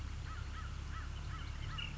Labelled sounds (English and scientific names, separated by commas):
American Crow (Corvus brachyrhynchos)